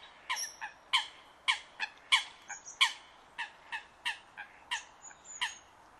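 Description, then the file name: Eurasian coot calling, a rapid series of many short sharp metallic notes, over a steady background hiss. "Foulque macroule"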